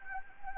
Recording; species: mosquito wingbeat signal from an infrared sensor; Anopheles gambiae